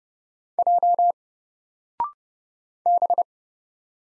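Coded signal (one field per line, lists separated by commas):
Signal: Morse code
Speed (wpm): 30 wpm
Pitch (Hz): 700 Hz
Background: none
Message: J B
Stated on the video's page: Morse code practice of single letters at 30 wpm; each is sent, spoken after a 0.6 second pause, then sent again.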